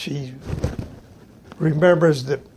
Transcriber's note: microphone noise